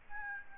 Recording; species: mosquito wingbeat signal from an infrared sensor; Aedes albopictus